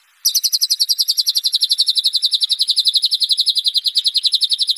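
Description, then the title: White-rumped shama song: a rapid, buzzy pulsed trill that holds a high pitch and slowly falls slightly, running unbroken for over four seconds. Masteran (training recording) for caged birds. "MURAI BATU LABAIK"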